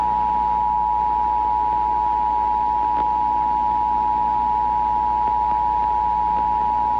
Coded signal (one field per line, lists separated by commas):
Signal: Emergency Alert System (SAME) tones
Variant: 853 and 960 Hz attention tone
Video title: Shattered Dawn [EAS Scenario/Analog Horror] - Foxtrot Foundation